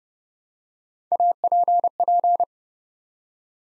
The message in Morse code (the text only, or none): APP